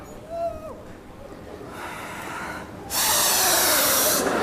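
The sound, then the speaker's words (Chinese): A person blows into a police officer's breathalyzer during an alcohol test: a softer, breathy puff first, then a loud, steady rush of air that holds for about a second and a half before cutting off. “来，吹一下我们这仪器。哎，往哪儿吹呀？往这上头吹。”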